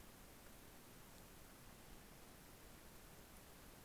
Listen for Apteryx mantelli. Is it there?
no